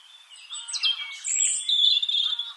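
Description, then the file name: European robin song: a tangled run of high thin notes and a sustained shrill trilled passage. "Erithacus rubecula"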